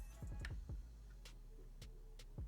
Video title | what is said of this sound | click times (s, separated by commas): How to BUILD Your Dream PC in 2026 FAST and EASY inside the Corsair 3000D | And that goes ahead and locks the M.2 in place. | 0.4 s